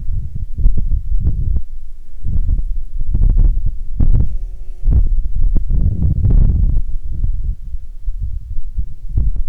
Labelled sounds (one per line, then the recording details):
wind
insects
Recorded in Ivvavik National Park, Yukon, on 3 July 2019 at 23:10
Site SINP09